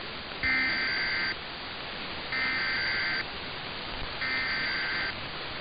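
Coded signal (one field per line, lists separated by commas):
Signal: Emergency Alert System (SAME) tones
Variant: header bursts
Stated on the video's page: Nebraska Required Monthly Test and KLLI Required Weekly Test.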